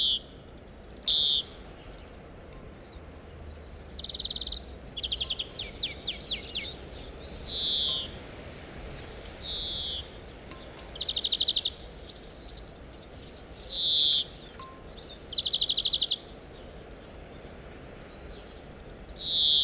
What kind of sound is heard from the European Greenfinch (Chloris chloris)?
call